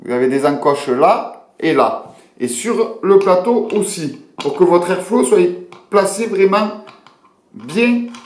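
Someone talks while handling the airflow ring of a vape atomizer, lining it up with the notches on the ring and on the base plate so it drops into place. Speech fills almost the whole clip, with brief pauses and no distinct mechanical sound. The ring has not seated or clicked into the base plate yet.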